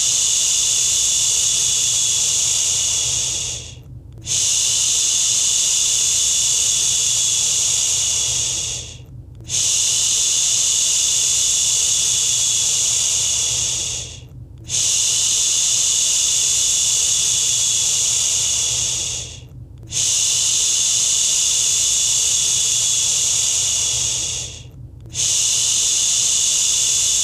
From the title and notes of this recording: Shushing for a Restless Baby at Bedtime. Real human voice. This episode begins with a quicker shushing sound to calm your restless baby and turns to a slower cadence. A mix of natural and calming shushing sounds.